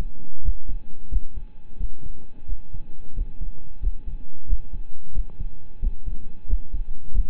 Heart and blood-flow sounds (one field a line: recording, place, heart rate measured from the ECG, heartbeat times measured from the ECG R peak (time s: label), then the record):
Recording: heart sounds by stethoscope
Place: between the tricuspid and mitral areas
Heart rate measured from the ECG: 89 bpm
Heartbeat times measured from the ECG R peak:
0.41 s: heartbeat
1.09 s: heartbeat
1.77 s: heartbeat
2.46 s: heartbeat
3.14 s: heartbeat
3.80 s: heartbeat
4.46 s: heartbeat
5.12 s: heartbeat
5.79 s: heartbeat
6.46 s: heartbeat
7.12 s: heartbeat
From the record:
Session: rest, lying down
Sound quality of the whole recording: partially saturated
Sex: male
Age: 25 years